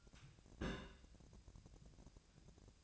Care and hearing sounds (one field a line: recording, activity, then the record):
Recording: daily activity, microphone in the room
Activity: place on stove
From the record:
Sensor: 2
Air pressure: 999.9 hPa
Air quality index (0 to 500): 122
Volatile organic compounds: 2 ppm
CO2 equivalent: 1051 ppm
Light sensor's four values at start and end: 32/79/34/38 and 32/79/34/38